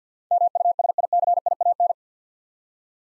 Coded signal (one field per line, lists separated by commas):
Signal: Morse code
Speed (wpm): 50 wpm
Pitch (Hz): 700 Hz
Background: none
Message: MUSICIAN